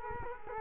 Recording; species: mosquito wingbeat signal from an infrared sensor; Culex quinquefasciatus